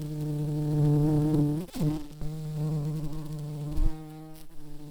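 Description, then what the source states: Tree bumblebee buzzing, a steady low droning hum with rich overtones, briefly broken by a short gap and a few sharp knocks partway through. Queen tree bumblebee.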